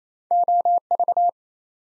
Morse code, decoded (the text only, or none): OV